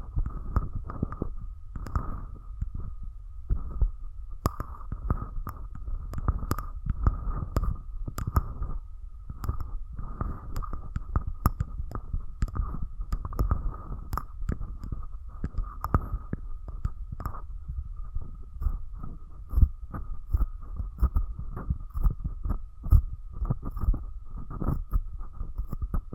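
Close-up mic treatment sounds: soft low thumps and rubbing repeat steadily, with frequent faint clicks and a constant thin tone throughout.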